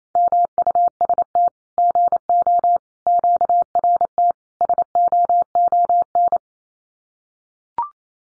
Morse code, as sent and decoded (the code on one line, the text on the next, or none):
-- ..- ... - / --. --- / --.- .-. - / ... --- --- -.
MUST GO QRT SOON